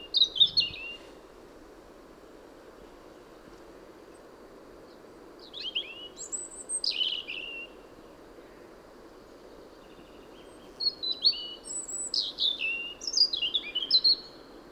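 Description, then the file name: European robin song in scattered phrases of high, thin warbling notes with slurred whistles, one burst at the start, then two longer bursts after silent gaps. "Erithacus rubecula"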